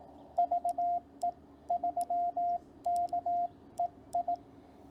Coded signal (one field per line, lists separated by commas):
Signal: Morse code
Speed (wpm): 18 wpm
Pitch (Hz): 700 Hz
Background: radio noise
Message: VE3KEI